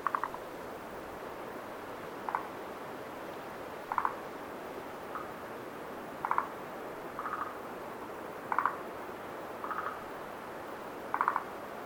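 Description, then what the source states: Frogs giving short clicking, rattling bursts at irregular intervals, about nine calls, against a continuous soft windy hiss. Night at Lake Tazawa, with wind.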